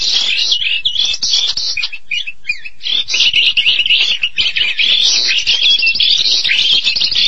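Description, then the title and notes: Starling song, jumbled squeaky whistles and clicking notes, a short patchy gap, then dense raspy chatter again. "suara burung jalak"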